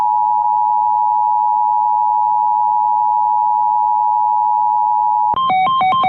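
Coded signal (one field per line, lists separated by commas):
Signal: Emergency Alert System (SAME) tones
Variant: 853 and 960 Hz attention tone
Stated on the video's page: Compilation of alerts off one station; on the last, the station started late.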